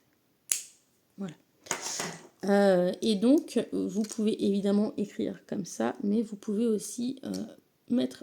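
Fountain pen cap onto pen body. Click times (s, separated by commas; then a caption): 0.5 s. A Waterman fountain pen's clip-on cap is snapped onto the pen body, giving one sharp, fast-fading click at 0.5 s, and the cap is seated. Afterwards someone talks.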